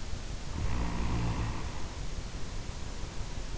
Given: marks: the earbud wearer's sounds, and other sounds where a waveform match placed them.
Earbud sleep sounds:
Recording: sounds in sleep by an in-ear microphone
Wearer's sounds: snoring breath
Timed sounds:
0.37-3.54 s: snoring breath

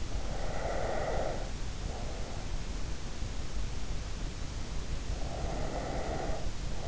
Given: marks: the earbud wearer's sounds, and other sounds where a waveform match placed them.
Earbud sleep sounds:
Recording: sounds in sleep by an in-ear microphone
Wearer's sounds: breath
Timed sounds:
0.04-2.90 s: breath
5.12-6.65 s: breath

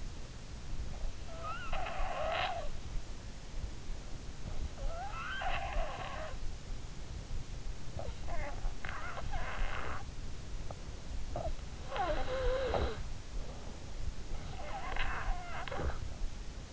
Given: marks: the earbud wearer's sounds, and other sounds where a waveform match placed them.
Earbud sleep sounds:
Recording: sounds in sleep by an in-ear microphone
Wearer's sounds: snoring breath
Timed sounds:
1.23-3.41 s: snoring breath
4.49-7.07 s: snoring breath
7.80-10.24 s: snoring breath
11.07-13.64 s: snoring breath
14.55-16.67 s: snoring breath

